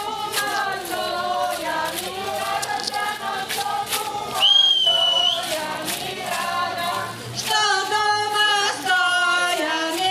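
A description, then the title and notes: Village folk singers hold a steady chorus of voices, sustained tones layered with a bright, nasal edge and a low drone underneath. Around the middle, one high voice cuts in with a brief sliding call before the group swells again. Village Folk Singers Koprivshtitsa. Recorded in Koprivshtitsa, Bulgaria. This was a small event on Saturday afternoon, with people from the local community.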